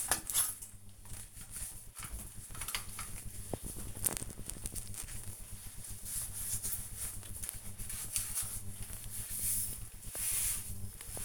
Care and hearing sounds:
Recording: household activities, microphone on the right wrist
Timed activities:
0.00-11.25 s: bathroom cleaning (bathtub)

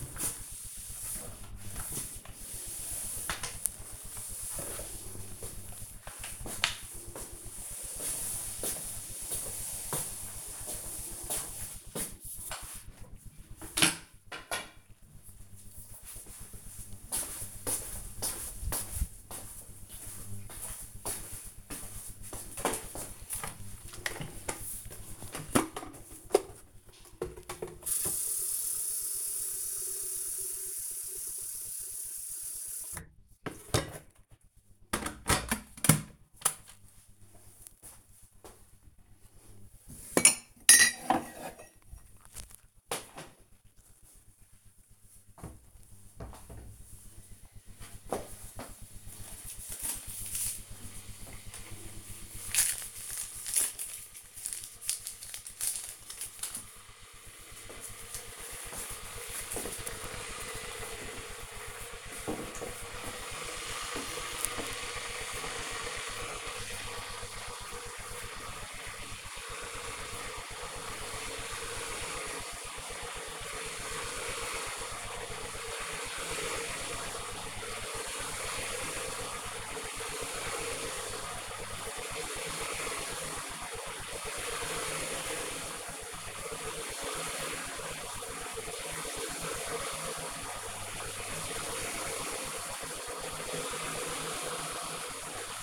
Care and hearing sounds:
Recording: household activities, microphone on the right wrist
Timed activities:
0.00-12.53 s: floor cleaning
22.59-95.63 s: making tea

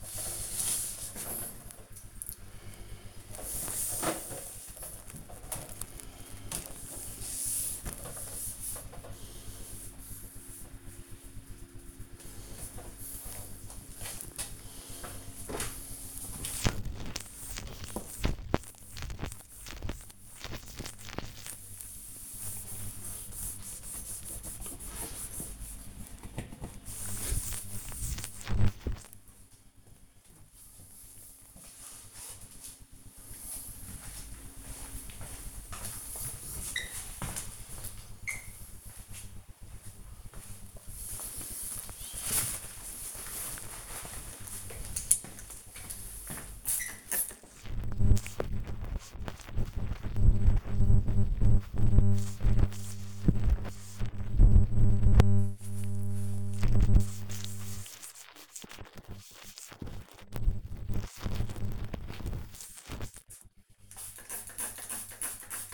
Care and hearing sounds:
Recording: household activities, microphone on the right wrist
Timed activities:
0.00-65.74 s: cleaning the cupboard
0.00-65.74 s: kitchen
57.70 s: note: using spray bottle

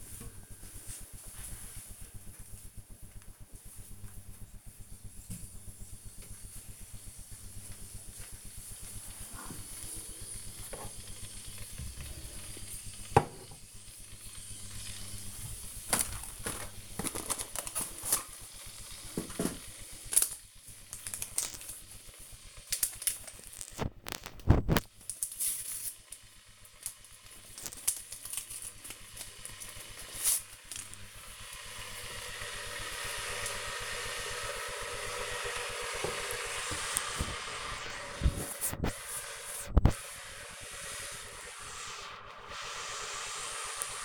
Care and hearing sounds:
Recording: household activities, microphone on the right wrist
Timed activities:
0.00-44.05 s: making tea

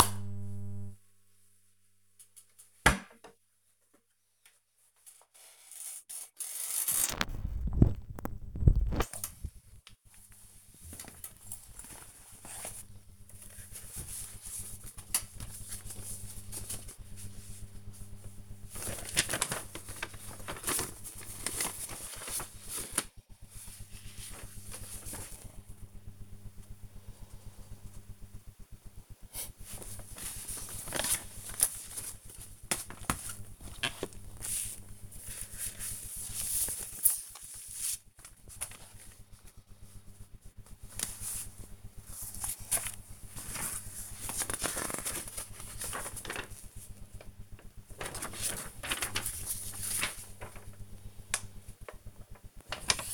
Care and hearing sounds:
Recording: household activities, microphone on the right wrist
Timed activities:
3.60-53.14 s: sorting documents

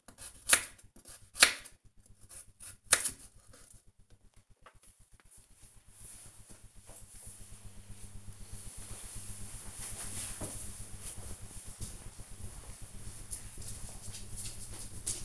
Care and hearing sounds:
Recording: household activities, microphone on the right wrist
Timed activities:
0.00-4.15 s: cutting vegetables

